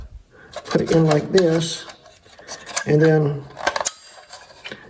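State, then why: Seated. A 2.5-inch drive is pushed into a tool-less mounting adapter bracket that has two pieces pressing down on it while someone talks. A quick burst of clicks at 3.7, 3.8, 3.8 and 3.9 seconds marks the drive snapping and locking into place in the adapter.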